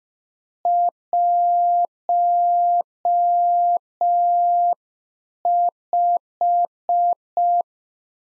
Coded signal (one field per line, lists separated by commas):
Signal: Morse code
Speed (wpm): 5 wpm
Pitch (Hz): 700 Hz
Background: none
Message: 15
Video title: Practice QSO - Exchange 2- Info - 5wpm